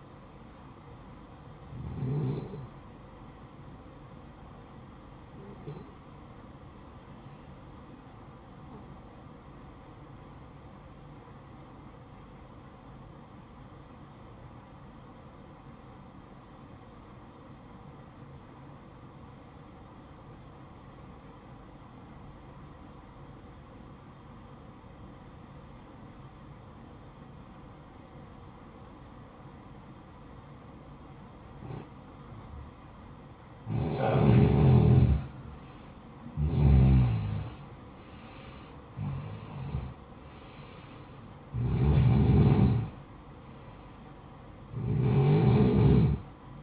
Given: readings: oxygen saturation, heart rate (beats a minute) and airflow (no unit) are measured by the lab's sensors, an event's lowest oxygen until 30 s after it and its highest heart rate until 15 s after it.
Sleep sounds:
breathing in sleep by a smartphone at the bedside; 1
11.00-34.20 s: obstructive apnea (N1, oxygen 94% highest, then 89% lowest, heart rate 58 at the start, 66 highest)
15.00-45.00 s: new sleep stage, N2 (light sleep)
45.00-46.63 s: new sleep stage, N1 (lightest sleep)
From the record:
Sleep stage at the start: N1 (lightest sleep); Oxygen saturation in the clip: 88 to 94%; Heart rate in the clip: 54 to 64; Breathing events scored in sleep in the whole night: 573 in 9.8 hours asleep

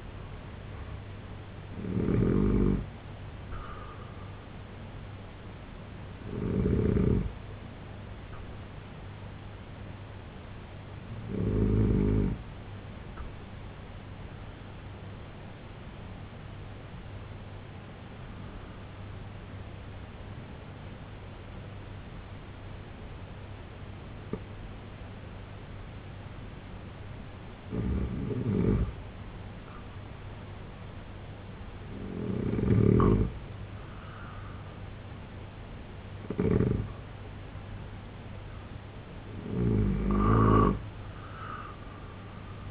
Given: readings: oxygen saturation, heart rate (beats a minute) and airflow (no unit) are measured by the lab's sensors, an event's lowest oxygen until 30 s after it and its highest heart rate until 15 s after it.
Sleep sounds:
breathing in sleep by a voice recorder at the bedside; 1
18.00-29.30 s: obstructive apnea (N2, oxygen 95% highest, then 90% lowest, heart rate 73 at the start, 79 highest)
From the record:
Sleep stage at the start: N2 (light sleep); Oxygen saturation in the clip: 84 to 95%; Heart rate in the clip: 69 to 91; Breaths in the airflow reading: 7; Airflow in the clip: -5.3 to 6.2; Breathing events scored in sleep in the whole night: 258 in 7.4 hours asleep

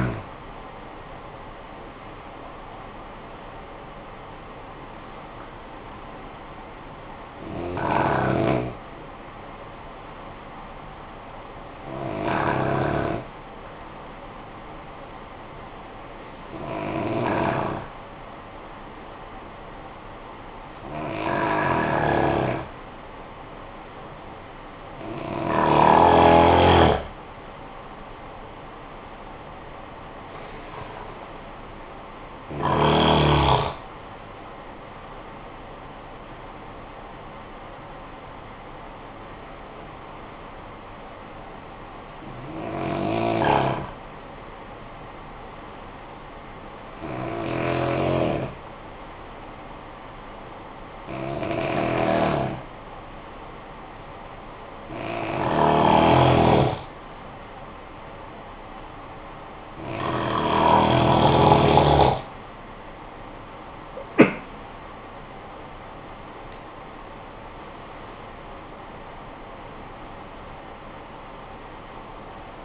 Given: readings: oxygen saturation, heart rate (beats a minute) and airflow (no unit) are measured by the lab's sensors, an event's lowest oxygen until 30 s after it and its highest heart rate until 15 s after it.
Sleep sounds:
breathing in sleep by a voice recorder at the bedside; 2
5.00-26.80 s: hypopnea (N1, oxygen 94% highest, then 89% lowest, heart rate 69 at the start, 72 highest)
48.00-58.50 s: hypopnea (N1, oxygen 95% highest, then 91% lowest, heart rate 53 at the start, 80 highest)
From the record:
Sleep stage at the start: N1 (lightest sleep); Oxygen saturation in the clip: 89 to 95%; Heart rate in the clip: 50 to 80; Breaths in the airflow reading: 17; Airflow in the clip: -13.9 to 12.5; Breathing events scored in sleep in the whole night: 445 in 7.6 hours asleep

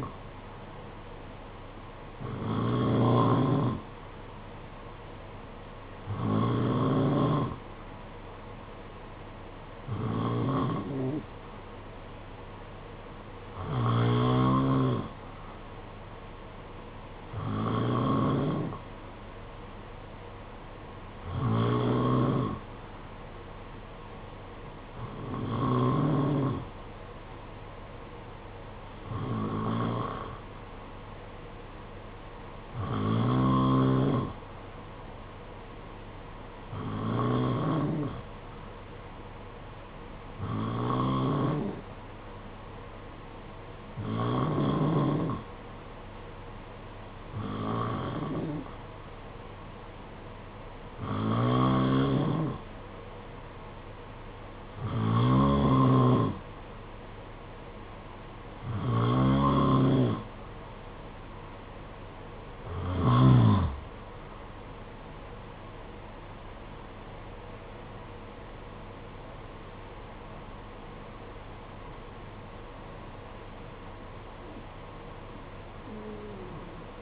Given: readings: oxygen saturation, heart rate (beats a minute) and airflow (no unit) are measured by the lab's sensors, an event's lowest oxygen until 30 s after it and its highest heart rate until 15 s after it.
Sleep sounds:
breathing in sleep by a voice recorder at the bedside; 1
43.00-66.40 s: hypopnea (N2, oxygen 92% highest, then 91% lowest, heart rate 56 at the start, 61 highest)
66.00-77.02 s: new sleep stage, N1 (lightest sleep)
From the record:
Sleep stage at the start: N2 (light sleep); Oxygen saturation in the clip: 91 to 92%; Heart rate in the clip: 55 to 61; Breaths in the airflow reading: 20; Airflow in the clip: -10.9 to 11.6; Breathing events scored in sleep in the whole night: 476 in 9.7 hours asleep

